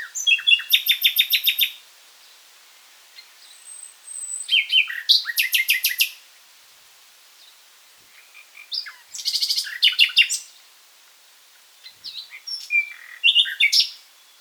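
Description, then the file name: Common nightingale song: four short phrases of rapid, evenly repeated high notes and sharp chirps, each phrase about two seconds long, separated by short pauses. "Luscinia megarhynchos"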